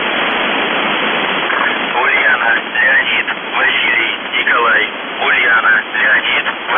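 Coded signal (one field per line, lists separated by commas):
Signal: numbers station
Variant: UVB-76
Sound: distorted voice over steady radio hiss with gliding vowel tones, no buzzing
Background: radio static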